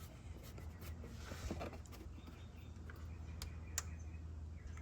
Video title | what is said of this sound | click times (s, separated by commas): How to change Thermostat and Coolant Hoses BMW E46 325CI | You'll hear it click, | 3.8 s